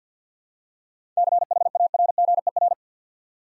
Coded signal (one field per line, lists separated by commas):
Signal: Morse code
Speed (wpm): 50 wpm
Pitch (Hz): 700 Hz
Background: none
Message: CHARGER